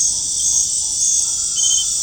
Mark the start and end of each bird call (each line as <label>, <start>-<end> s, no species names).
bird call, 0.00-2.03 s